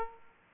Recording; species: mosquito wingbeat signal from an infrared sensor; Aedes aegypti